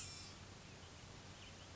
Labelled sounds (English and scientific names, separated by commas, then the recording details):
Blue-gray Gnatcatcher (Polioptila caerulea)
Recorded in Sonoma County, California